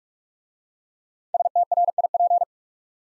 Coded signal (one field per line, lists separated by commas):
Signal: Morse code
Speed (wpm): 44 wpm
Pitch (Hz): 700 Hz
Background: none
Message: STRIP